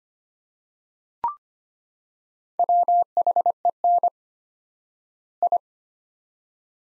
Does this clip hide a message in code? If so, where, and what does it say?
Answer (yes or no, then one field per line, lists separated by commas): yes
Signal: Morse code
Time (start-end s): 2.6-5.6 s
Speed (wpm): 25 wpm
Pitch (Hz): 700 Hz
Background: none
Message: WHEN I